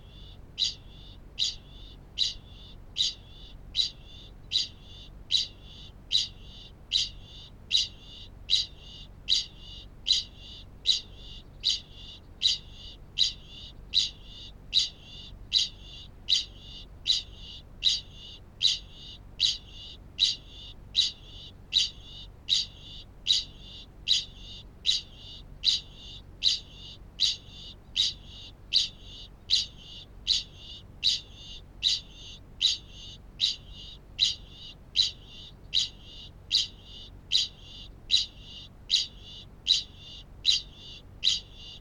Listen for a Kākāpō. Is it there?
yes